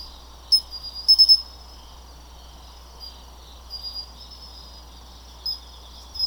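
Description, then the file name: Aomatsumushi tree cricket song: a steady high-pitched trill broken by a few sharp louder chirps, with a low hum underneath. Recorded 3 November 2014. "20141103 A-matumushi"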